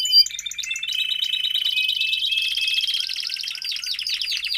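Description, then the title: Domestic canary song: a few bright whistled notes open, then a dense rolling trill starts and continues without a break to the end. Male Belgian canary singing a lot, for training and warming up young canaries. "Canario Belga. Macho Cantando Muito"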